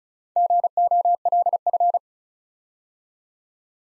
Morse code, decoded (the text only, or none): GOLF